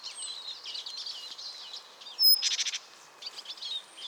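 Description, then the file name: Great tit calling, a sharp high note followed by a quick burst of several harsh, buzzy notes, over a dense chorus of other chirping birds. "Parus major"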